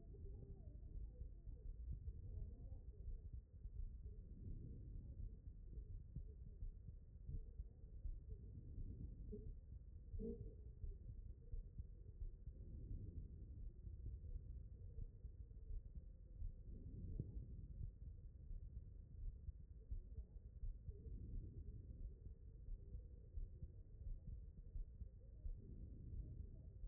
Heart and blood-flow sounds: heart sounds by stethoscope; aortic valve (AV)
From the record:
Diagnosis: HFrEF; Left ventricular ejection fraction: 40%

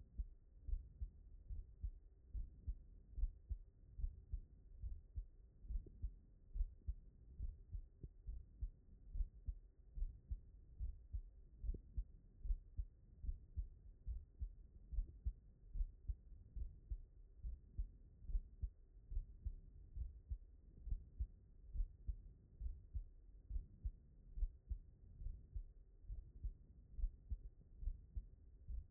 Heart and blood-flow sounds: heart sounds by stethoscope; mitral valve (MV)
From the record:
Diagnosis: non-HFrEF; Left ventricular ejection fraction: 73%

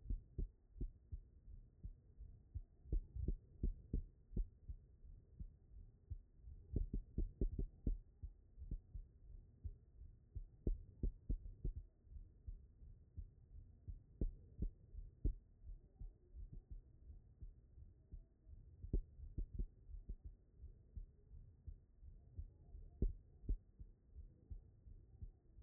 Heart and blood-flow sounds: heart sounds by stethoscope; aortic valve (AV)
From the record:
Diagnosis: non-HFrEF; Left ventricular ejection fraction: 65%

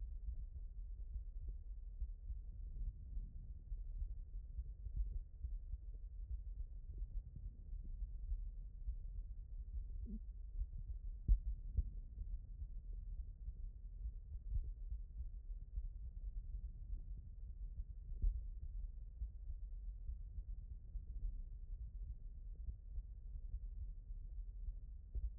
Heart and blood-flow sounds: heart sounds by stethoscope; aortic valve (AV)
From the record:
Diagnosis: HFrEF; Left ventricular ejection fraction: 30%

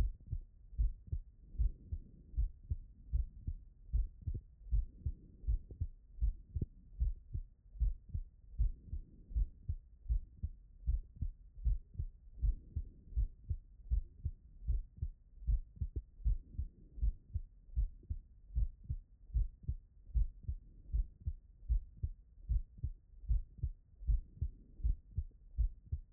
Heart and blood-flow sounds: heart sounds by stethoscope; tricuspid valve (TV)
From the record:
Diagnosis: non-HFrEF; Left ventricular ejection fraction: 64%

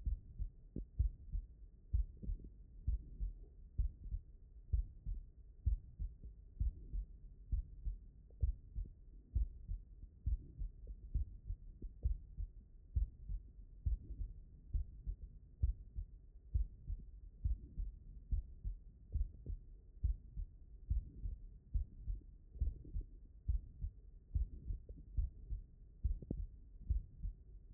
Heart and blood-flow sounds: heart sounds by stethoscope; mitral valve (MV)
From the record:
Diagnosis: non-HFrEF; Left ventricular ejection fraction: 60%

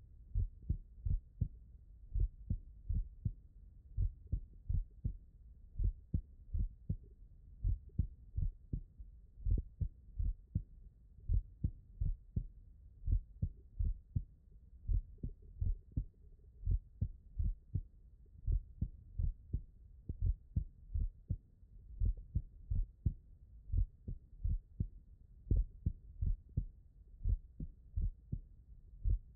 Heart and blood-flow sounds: heart sounds by stethoscope; tricuspid valve (TV)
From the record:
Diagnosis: non-HFrEF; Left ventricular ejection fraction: 75%

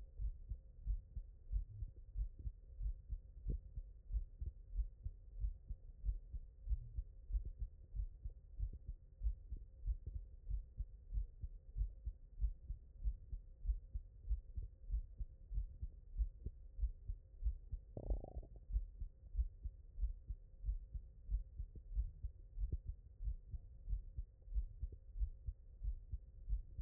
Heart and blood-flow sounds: heart sounds by stethoscope; mitral valve (MV)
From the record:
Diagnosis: non-HFrEF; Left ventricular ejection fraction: 66%

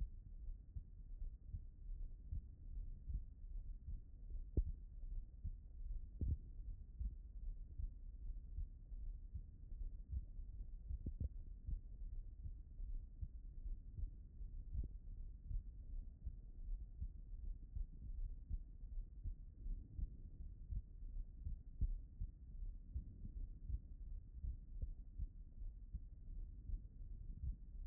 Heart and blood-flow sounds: heart sounds by stethoscope; pulmonary valve (PV)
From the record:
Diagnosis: non-HFrEF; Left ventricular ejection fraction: 60%

